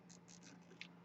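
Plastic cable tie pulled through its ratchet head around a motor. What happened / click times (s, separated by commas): Cable tie ratchets closed / 0.3 s, 0.8 s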